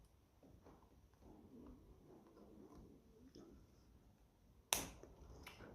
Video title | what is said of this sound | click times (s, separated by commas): Ferguson 20 TEF Diesel Pump Part 6 | There's little click you want to hear. | 4.7 s